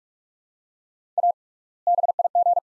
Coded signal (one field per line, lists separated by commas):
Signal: Morse code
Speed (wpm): 43 wpm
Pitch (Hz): 700 Hz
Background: none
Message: A BIG